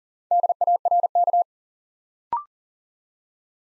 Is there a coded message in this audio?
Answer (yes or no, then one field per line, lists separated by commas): yes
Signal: Morse code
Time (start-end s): 0.3-1.4 s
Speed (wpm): 40 wpm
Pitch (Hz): 700 Hz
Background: none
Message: DARK